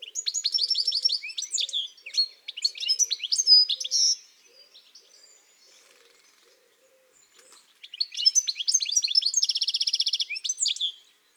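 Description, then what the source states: European goldfinch song: bursts of rapid, tinkling twitters and buzzy trills high in pitch, one phrase lasting about four seconds, a pause, then another from about eight seconds. Garden bird.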